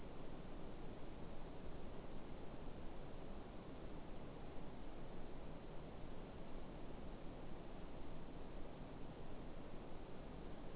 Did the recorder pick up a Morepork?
no